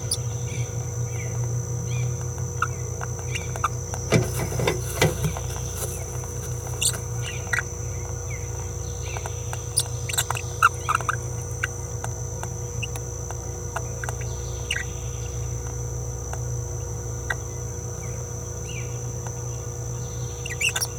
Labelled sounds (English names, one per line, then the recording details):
Green-rumped Parrotlet babbling
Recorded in a nest box in Venezuela
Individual 18B17A3